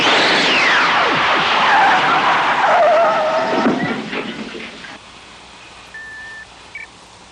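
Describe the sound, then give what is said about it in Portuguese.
A DeLorean car roars at speed and skids, tires squealing in long sweeping tones over loud engine noise, then the sound drops off to quieter rumble with a couple of brief high whines. “Se vai construir uma máquina do tempo num carro, tem que ser em grande estilo.”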